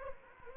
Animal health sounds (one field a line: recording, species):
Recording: mosquito wingbeat signal from an infrared sensor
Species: Anopheles arabiensis